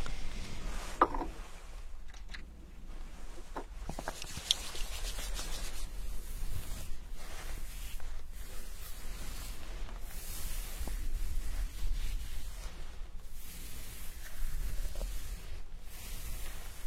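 Hair being washed with a scalp massage: a steady, dense rubbing and scratching of fingers through wet hair, with faint wet crackles. Brighter swishes rise and fall every second or two, with short pauses near 2, 6 and 12 seconds.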